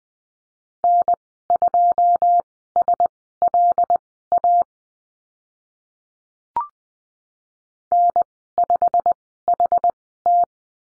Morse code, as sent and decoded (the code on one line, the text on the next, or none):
-. ..--- ... .-.. .- / -. ..... .... -
N2SLA N5HT